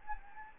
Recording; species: mosquito wingbeat signal from an infrared sensor; Anopheles gambiae